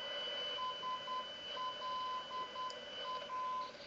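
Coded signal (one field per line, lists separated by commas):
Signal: Morse code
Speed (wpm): 10 wpm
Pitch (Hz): 1020 Hz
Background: none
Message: SLA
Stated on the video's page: VLF signals received on a Flex-6300 between 10 and 400 kHz; some broadcast birdies mixed in.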